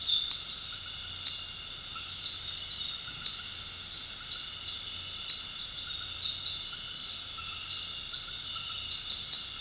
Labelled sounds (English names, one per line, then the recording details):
none
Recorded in dense forest near Puerto Asís, Putumayo, Colombia, on 12 March 2025 at 18:30
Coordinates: 0.484, -76.317
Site G064